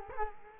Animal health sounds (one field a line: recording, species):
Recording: mosquito wingbeat signal from an infrared sensor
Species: Culex quinquefasciatus